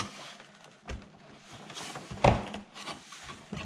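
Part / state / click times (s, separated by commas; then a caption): front grille mounting ears into front bumper cover / not seated / none. The plastic mounting ears of a Z06 front grille are guided into their slots on the front bumper cover of a C7 Corvette, lined up but not yet pushed home. Only light taps and rubs are heard, with the loudest tap near 2.3 seconds. Nothing has snapped into place yet.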